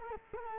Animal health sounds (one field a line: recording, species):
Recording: mosquito wingbeat signal from an infrared sensor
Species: Culex quinquefasciatus